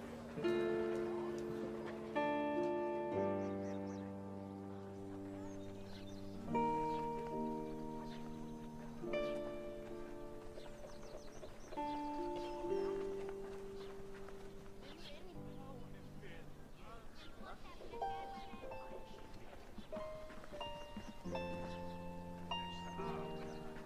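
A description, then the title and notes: A quiet medieval town scene with music in the distance: held, ringing chords that shift every few seconds, swelling and fading in steady waves. Beneath the music runs a soft murmur of chatter with light clopping and scattered clicks, like a passing horse cart. Quiet medieval town | distance music/chatter/horse cart. Animals (sheep/chicken/horse/dog).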